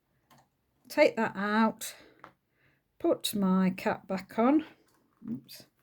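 Someone talks while taking a cutting blade out and handling its protective plastic cap to put it back on the blade housing, with a few faint handling ticks around 0.3 s and 2.2 s. The cap has not clicked or seated onto the housing yet when the clip ends.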